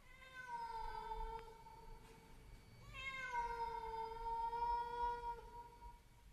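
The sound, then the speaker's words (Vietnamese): A cat standing on a porch lets out two long, drawn-out meows back to back, each steady and slightly falling in pitch, moderately loud over a faint low rumble, with no talking. “Con mèo cứ đứng ở bên hiên nhìn đăm đăm, kêu lên mấy tiếng như thúc giục bà.”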